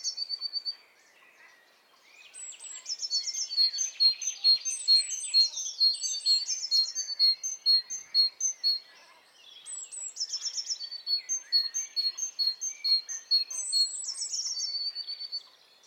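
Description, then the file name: Great tit giving quick, high chirping notes in two long bursts of several seconds each, separated by a brief pause. "Parus major"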